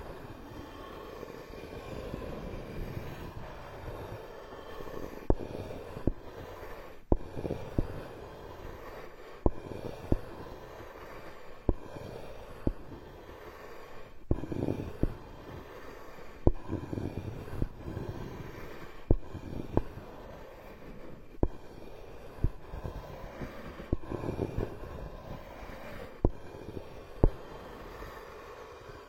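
Ear picking and ear massage: a steady, muffled rumbling and rubbing runs throughout, low and dense, with softer brighter scratching above it. Sharp clicks and taps cut through every second or two, some louder than others, at an uneven rhythm.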